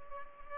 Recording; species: mosquito wingbeat signal from an infrared sensor; Culex pipiens